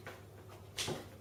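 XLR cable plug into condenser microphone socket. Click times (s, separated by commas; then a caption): 0.8 s. An XLR cable plug is pushed into the socket at the base of a BM-800 condenser microphone until its latch catches. A soft contact sound at 0.1 s is followed by a sharper, louder latch click at 0.8 s. The connector is seated and locked in place.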